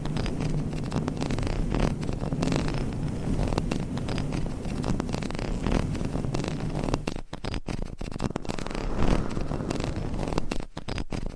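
Dense, continuous scratching and brushing on microphone covers with a rumbling low end, briefly cutting out several times after seven seconds.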